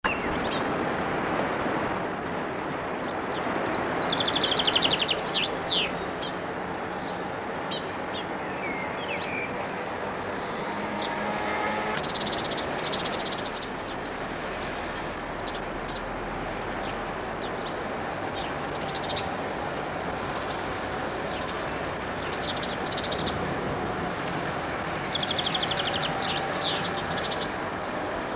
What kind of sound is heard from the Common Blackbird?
song